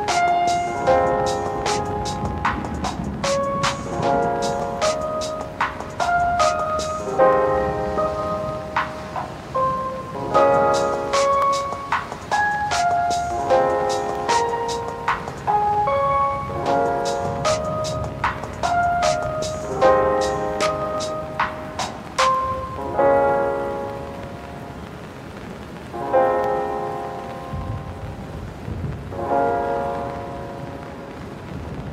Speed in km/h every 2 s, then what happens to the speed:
11, 8, 9, 11, 11, 10, 13, 9, 13, 13, 13, 13, 13, 13, 14, 13.
0-32 steady at about 13.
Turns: none.